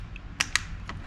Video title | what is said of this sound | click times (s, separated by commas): Replace Pump On Your Automatic Dosing System | and there we go it's snapped in | 0.4 s, 0.6 s